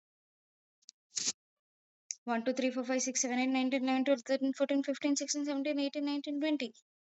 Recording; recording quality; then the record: counting at a fast pace; excellent, no background noise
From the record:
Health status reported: healthy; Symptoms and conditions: none ticked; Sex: female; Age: 27 years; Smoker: not ticked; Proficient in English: yes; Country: India